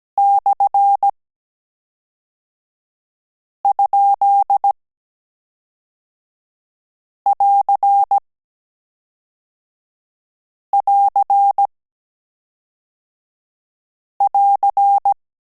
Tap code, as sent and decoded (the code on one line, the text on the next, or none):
none